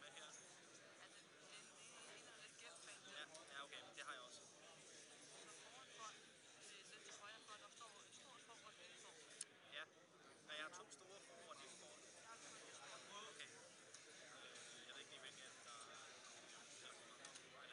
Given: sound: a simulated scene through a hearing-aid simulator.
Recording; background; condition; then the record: conversation; cafeteria; -4 dB SNR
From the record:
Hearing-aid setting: IV (slow-acting compression, loudness normalization); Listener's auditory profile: A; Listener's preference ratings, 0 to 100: 58, 31, 31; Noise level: 65 dB SPL